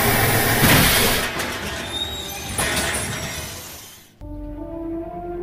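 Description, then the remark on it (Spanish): The large door of a 1990s call shop in the Nevada desert slides open with a loud, rough rumbling and scraping that lasts about four seconds, stops abruptly, and gives way to a steady, low humming drone. “¡Hala, qué puerta más grande y qué locutorio más chévere!”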